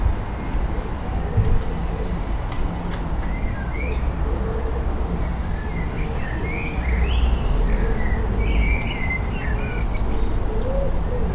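A garden in Liverpool with birds chirping in short bright bursts over a steady low rumble, the chirps thickening toward the end.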